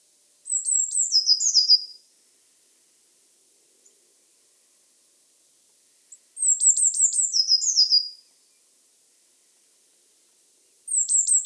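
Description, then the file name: Eurasian blue tit giving high, rapid series of thin descending notes that slur into a buzzy churr, repeated three times a few seconds apart. "Cyanistes caeruleus"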